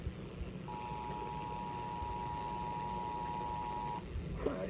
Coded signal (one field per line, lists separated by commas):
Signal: Emergency Alert System (SAME) tones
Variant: 853 and 960 Hz attention tone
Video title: NINE TWELVE WEATHER - EAS Alerts on 9/12/2022 (EAS #250-263)